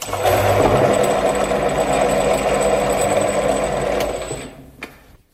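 A bench drill runs with a steady, dense mechanical whir and a thin high whine, holding constant for about four seconds before spinning down, ending with a small click.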